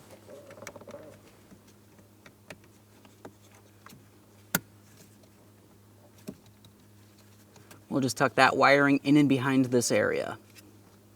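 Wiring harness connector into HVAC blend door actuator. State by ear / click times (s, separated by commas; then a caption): seated / 4.5 s. A wiring harness connector, lined up with its locking tab facing outward, is pressed down onto a new HVAC temperature control blend door actuator in a 2004-2008 Pontiac Grand Prix. A few faint ticks over a steady low hum lead to a sharp click at 4.5 s as the connector seats, and someone talks near the end.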